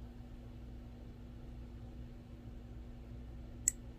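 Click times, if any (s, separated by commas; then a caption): 3.7 s. A crimped wire terminal pin is pushed into a plastic pin housing connector, with only a faint, steady low hum beforehand. At 3.7 s a single sharp, loud click rings out as the spring latch catches, and the pin is seated in the housing.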